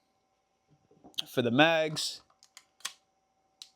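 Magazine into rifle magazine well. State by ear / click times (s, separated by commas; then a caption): seated / 2.9 s. Someone talks, then a magazine is pushed into the magazine well of a gas blowback airsoft rifle. A few short clicks follow, and it seats with a sharp click at 2.9 s, indexing nice and solid.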